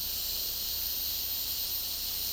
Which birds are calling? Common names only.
none